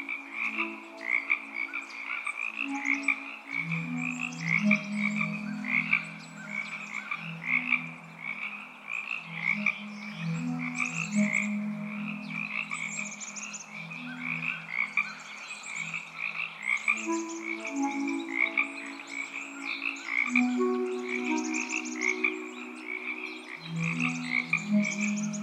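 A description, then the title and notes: Dense, continuous frog chorus near a river wetland: overlapping low croaks and steady high trilling calls repeating throughout, busy. Today’s soundwalk was taken on on March 16th, 2022 in SE Portland Oregon. Oaks Bottom along the Willamette River.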